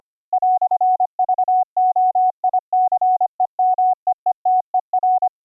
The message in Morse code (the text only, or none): "VOICEMEETER